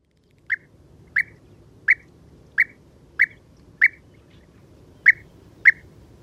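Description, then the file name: European bee-eater calls, single sharp rolling notes repeated roughly every two-thirds of a second, with one longer gap, against a quiet low rumble. "Żołna"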